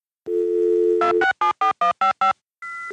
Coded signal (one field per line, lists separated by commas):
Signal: DTMF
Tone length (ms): 120 ms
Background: music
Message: 2674155